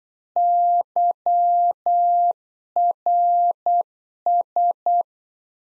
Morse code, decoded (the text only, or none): YRS